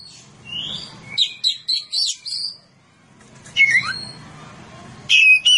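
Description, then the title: Oriental magpie-robin delivering short bursts of bright, jumbled whistles and chirps separated by quiet gaps, over a soft low rumble. "Kacer"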